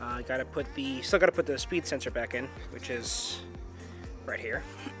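Someone talks over background music while handling a vehicle speed sensor beside its bore in a manual transmission case, reassembling a 300ZX gearbox going into a 240SX. The sensor has not seated yet, and no click is heard.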